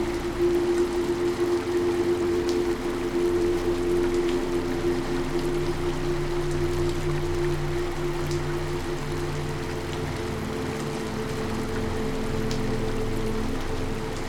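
Steady rain and flowing river water form a dense, even wash, with a sustained low tone underneath and occasional faint ticks.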